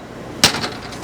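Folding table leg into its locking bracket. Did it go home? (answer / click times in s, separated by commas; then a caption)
yes / 0.4 s. The leg of a folding camping table that hooks onto the outside of an RV is popped out and locked into its locking bracket. A single sharp, loud knock sounds at 0.4 s over quiet background, then fades. The leg is locked in place.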